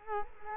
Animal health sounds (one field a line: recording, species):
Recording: mosquito wingbeat signal from an infrared sensor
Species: Culex quinquefasciatus